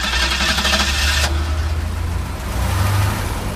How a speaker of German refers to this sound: Es ist Zeit für eine Spritztour mit Uwe Hochsteins Granada V6 2,3 Liter Motor, Baujahr 1979.